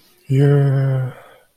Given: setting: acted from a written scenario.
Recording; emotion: vocal sound without words; disappointment